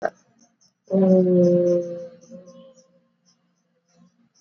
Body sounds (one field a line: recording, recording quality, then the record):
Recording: sustained vowel as in boot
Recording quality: excellent, no background noise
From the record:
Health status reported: exposed to COVID-19, no respiratory illness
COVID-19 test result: not tested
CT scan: not taken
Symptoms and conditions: cough, cold, fever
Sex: male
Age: 44 years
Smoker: no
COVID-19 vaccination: both doses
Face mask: worn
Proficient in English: yes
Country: India